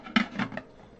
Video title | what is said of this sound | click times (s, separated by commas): Coffee with Knight ep. 218 1/5/2025 | Little click. | 0.2 s